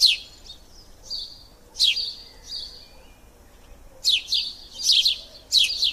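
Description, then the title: Bird chirps, high-pitched and sharp, sparse at first with gaps, then a busy run of rapid falling notes near the end. Recorded in a park. "son parc oiseaux"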